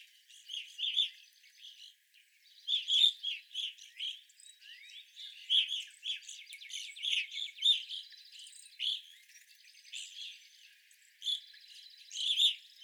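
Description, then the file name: Evening grosbeaks calling: a steady stream of bright chirps and short whistled notes from several birds, coming in clusters, with a dry buzzy trill in the background. Several evening grosbeaks recorded on 25 April 2021. "2021-04-25 Evening Grosbeaks"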